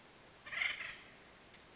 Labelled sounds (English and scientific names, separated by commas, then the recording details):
Acorn Woodpecker (Melanerpes formicivorus)
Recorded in Sonoma County, California